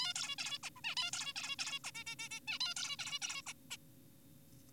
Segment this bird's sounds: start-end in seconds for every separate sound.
0.00-0.13, 0.16-0.36, 0.39-0.58, 0.63-0.70, 0.77-0.81, 0.84-0.95, 0.97-1.11, 1.13-1.33, 1.36-1.56, 1.59-1.79, 1.84-1.91, 1.95-2.04, 2.07-2.15, 2.19-2.29, 2.31-2.40, 2.48-2.58, 2.60-2.75, 2.77-2.96, 2.99-3.19, 3.22-3.42, 3.46-3.53, 3.71-3.77